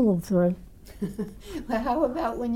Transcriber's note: laughs